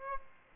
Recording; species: mosquito wingbeat signal from an infrared sensor; Aedes aegypti